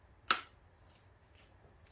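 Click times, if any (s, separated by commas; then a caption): 0.3 s. A twist-lock component on an M119 engine, fitted during installation of the upper engine wiring harness, throttle valve and mass air flow sensor, is first turned fully counterclockwise, started, then turned clockwise onto its mount. A single sharp, loud click rings out at 0.3 s, followed by faint low background noise with a few soft ticks. The twist-lock fitting clicks home and is seated.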